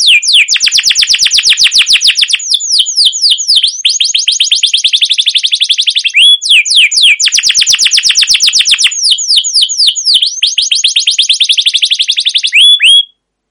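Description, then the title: Canary in an extended, rapid rolling song, long runs of fast repeated notes with brief slurred whistles, continuing almost without pause. Long trilling rolling (ngerol) song of a canary in full song (gacor), a master recording used as a lure to prompt other canaries to sing. "CUIT CUIT NGEROL LANGSUNG GACOR PANJANG Kenari Ini AMPUH Utk Pancingan KENAR. Masteran Suara Burung Kenari Gacor Panjang cuit cuit Ngerol untuk Pancingan Kenari!"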